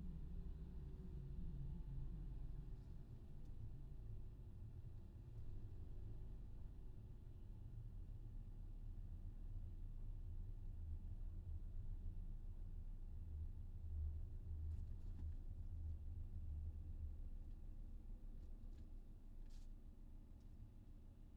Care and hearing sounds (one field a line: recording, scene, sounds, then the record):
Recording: everyday scene through a hearing-aid microphone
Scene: in a vehicle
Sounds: engine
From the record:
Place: VW T5 Caravelle, diesel engine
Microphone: in the ear canal, left